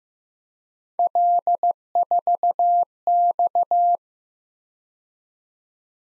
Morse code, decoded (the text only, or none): L4X